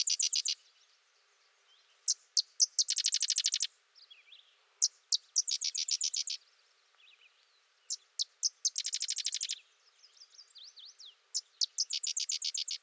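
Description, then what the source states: Sedge wren song: a few sharp introductory chips followed by a dry, rapid chattering trill, repeated several times, with faint thin whistled notes from other birds between songs. Singing close by.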